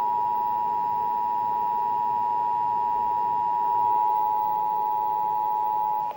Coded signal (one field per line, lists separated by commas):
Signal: Emergency Alert System (SAME) tones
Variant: 853 and 960 Hz attention tone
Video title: EAS #66 - April 2024 Required Monthly Test